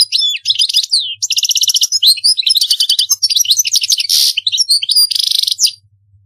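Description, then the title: European goldfinch song: rapid tinkling twitters and liquid chirps, with buzzy nasal trills and short rattles, almost continuous throughout. "Chant Chardonneret"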